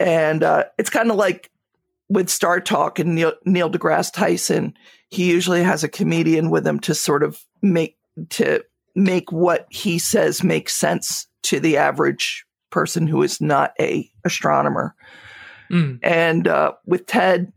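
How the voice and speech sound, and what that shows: One adult speaks fluently at a relaxed pace with a mid-pitched voice, brief pauses and light fillers; ordinary speech.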